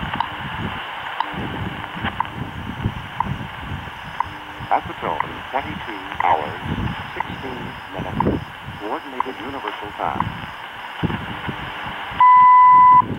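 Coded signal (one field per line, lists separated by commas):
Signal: radio time signal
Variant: WWV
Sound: fading shortwave voice announcement with static, then one clean 1 kHz tone lasting under a second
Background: radio static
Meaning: The long 1000 Hz tone marks the start of a new minute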